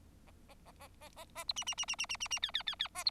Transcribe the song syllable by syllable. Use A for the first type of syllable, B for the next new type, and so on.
A A A A A A A B C C C C C C C C D D D D A B